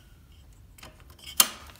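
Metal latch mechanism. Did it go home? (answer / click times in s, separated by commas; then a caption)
yes / 1.4 s. A quick-release arm is refitted onto the triangulated undercarriage of a Bolterauer Virus XC2 paramotor. A few faint light ticks and rattles lead up to one sharp, bright metallic click at 1.4 s that fades quickly. The arm seats and locks into place.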